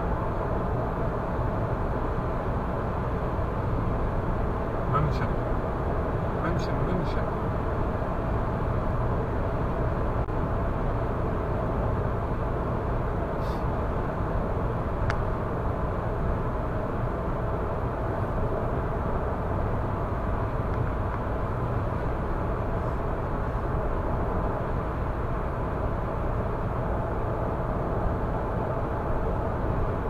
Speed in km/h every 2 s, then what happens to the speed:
105, 105, 105, 105, 105, 105, 105, 105, 106, 106, 106, 106, 106, 106, 106.
0-30 steady at about 105.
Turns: none.